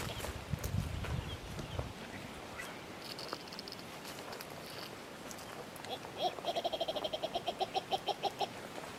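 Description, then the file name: Ruspoli's turaco song: after faint rustles and a low rumble, a run of rapid, evenly spaced hoarse notes lasting about two seconds. "Canto do turaco de ruspoli"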